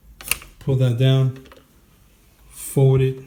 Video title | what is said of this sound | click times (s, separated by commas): Boosted Rev Review | unclip it pull | 0.3 s